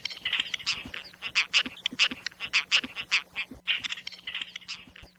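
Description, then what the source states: White-tailed Tropicbird calls: a rapid, uneven series of harsh, raspy notes, some clustered in quick bursts, over a faint steady low hum. Known in Hawaiʻi as Koa'e Kea; calls described as harsh, raspy and less than pleasant.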